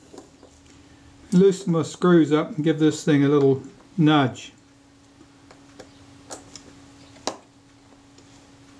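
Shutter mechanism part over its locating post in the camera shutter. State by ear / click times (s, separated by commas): seated / 7.3 s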